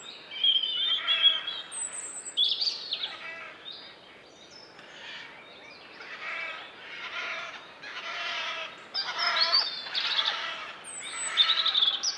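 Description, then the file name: Eurasian jay making a series of rough, grating rasps, some louder than others. "Garrulus glandarius"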